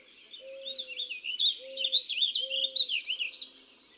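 Warbling vireo song: a fast, rambling run of high warbled notes lasting about three seconds, with low, steady tones repeating underneath.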